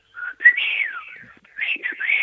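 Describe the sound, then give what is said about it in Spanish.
A person whistles an imitation of a canary's song, with quick warbling trills and sliding high notes in two bursts separated by a short pause. “Hágame un canario.”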